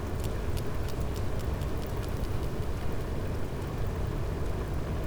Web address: Physeter Macrocephalus cachalot